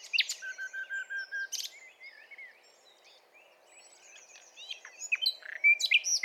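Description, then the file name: Common nightingale song: a string of low repeated piping notes, a sharp burst, soft varied twitters, then loud rapid chirping phrases at the end. "Luscinia megarhynchos"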